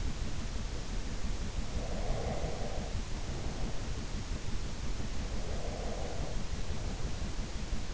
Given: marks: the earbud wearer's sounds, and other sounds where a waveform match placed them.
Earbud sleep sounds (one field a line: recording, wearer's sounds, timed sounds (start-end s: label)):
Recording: sounds in sleep by an in-ear microphone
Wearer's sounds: breath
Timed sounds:
1.76-4.06 s: breath
5.32-7.94 s: breath